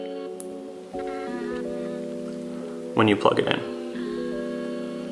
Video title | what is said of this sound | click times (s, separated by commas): LCI LED AC RADIO PANEL RETROFIT (BMW F30) | like a little notch and that notch will go upwards into it you're gonna hear it click when | 0.4 s